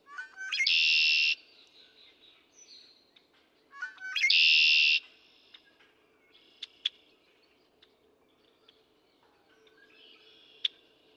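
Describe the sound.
Red-winged Blackbird singing twice, about four seconds apart, each a brief stutter into a raspy trill, with scattered sharp chips and thin notes between.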